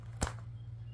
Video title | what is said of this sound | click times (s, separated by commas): Unboxing Karl Lagerfeld | vous voyez comment c'est fait là il y a un petit rebord pour que ça se clipse bien clairement | 0.2 s